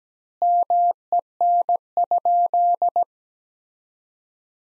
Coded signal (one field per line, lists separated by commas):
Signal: Morse code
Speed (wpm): 17 wpm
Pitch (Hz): 700 Hz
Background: none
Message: MEN?